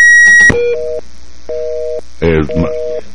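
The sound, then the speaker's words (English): A telephone tone sounds after a call cuts off: a steady two-pitch hum pulsing on and off about once a second, following a brief burst of higher beeps, with a short voice speaking over it. “We lost him. It must have been his phone.”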